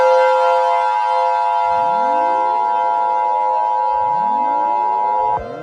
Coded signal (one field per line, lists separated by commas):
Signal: Emergency Alert System (SAME) tones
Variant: 853 and 960 Hz attention tone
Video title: Acid Rain( A Mini Eas Scenario)